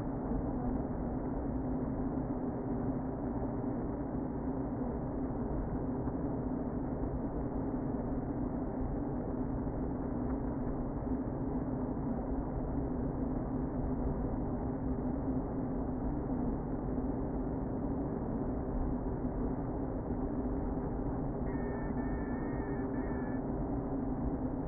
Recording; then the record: honeybee colony, microphone inside the hive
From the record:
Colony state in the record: queen present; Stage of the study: before two queens were removed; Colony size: about 60,000 bees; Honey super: yes